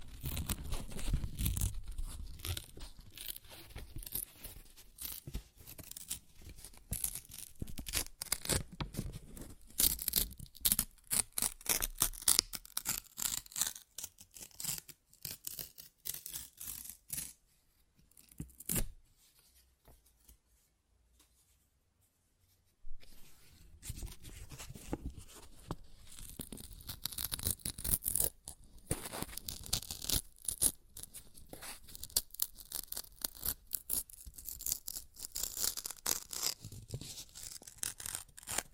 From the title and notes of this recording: ASMR Paper Ripping Tearing Sounds (No Talking).